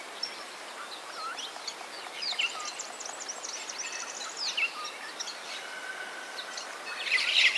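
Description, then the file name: Maroon-bellied parakeet calls: sharp, harsh chattering notes in bursts around two and four and a half seconds, then louder screeches near the end. "canto da tiriba de testa vermelha"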